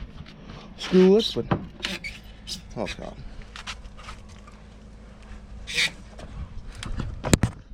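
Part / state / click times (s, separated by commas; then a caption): bumper fastener into car bumper mounting point / seated / 7.3 s. While refitting a repaired plastic bumper on a 350z, someone talks as a fastener (a screw or clip) is pushed into the bumper's mounting point. It goes in easily and seats with a sharp, loud hit at 7.3 s.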